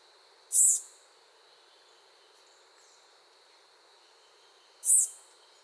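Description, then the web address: Bird call: two brief, very high-pitched sharp notes about four seconds apart, over a steady insect-like hum. Recorded in a Costa Rican cloud forest. "Birds of the Costa Rican Cloud Forest 87 Call"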